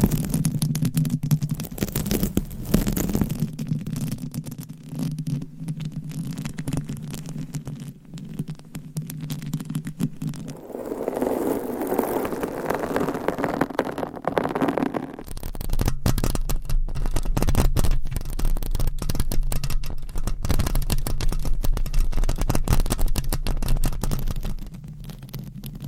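Nails scratch a microphone cover in a dense, continuous rasp of rapid fine strokes over a steady low hum. Around eleven to fifteen seconds the texture changes to a softer, smoother rubbing, then the busy crackling scratches return and continue to the end.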